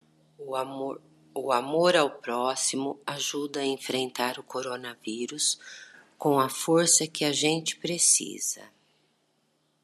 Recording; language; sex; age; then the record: spoken sentence; Brazilian Portuguese; female; 40 to 49 years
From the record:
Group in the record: control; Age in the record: 48 years